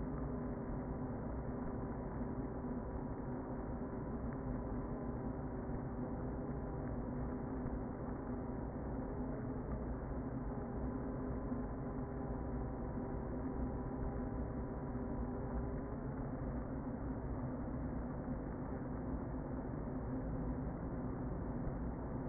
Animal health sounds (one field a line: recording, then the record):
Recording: honeybee colony, microphone inside the hive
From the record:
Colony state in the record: queen present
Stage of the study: before two queens were removed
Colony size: about 60,000 bees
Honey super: yes